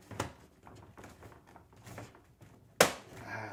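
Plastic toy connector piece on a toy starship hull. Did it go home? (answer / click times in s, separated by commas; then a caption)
yes / 2.8 s. A plastic connecting piece is pressed onto the second side of a Playmobil Star Trek Enterprise toy starship hull, with a few soft taps and handling noises before it. A loud, sharp plastic snap at 2.8 s marks the piece clicking firmly into place, leaving it seated.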